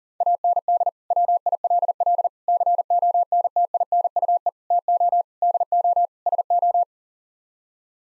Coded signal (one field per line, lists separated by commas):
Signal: Morse code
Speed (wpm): 40 wpm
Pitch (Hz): 700 Hz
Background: none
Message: AND WILL CONTINUE TO DO SO